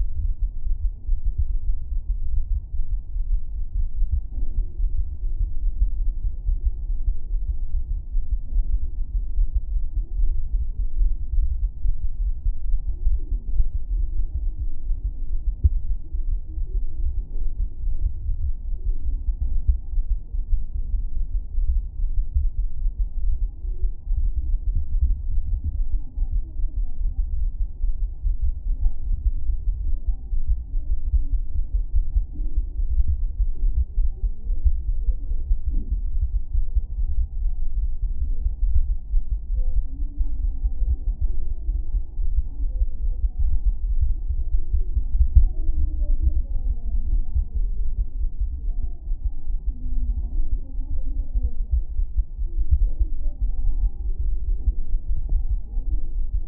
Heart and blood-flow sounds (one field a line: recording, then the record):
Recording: fetal heart sounds by stethoscope on the mother's abdomen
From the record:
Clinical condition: thrombocytopenia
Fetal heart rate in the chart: 135 bpm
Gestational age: 35 weeks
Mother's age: 24 years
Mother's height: 153 cm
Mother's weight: 62 kg